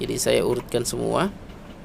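A replacement plastic speedometer lens cover is being handled for fitting into the instrument cluster housing of a 2010 Avanza/Xenia (old model), with its corner clips meant to snap closed. Someone talks throughout, and nothing has seated or clicked yet.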